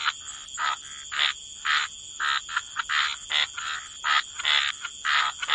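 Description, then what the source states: Frogs croak repeatedly in quick rasping notes, several callers overlapping at an uneven pace, over a faint constant high drone. Frog chorus.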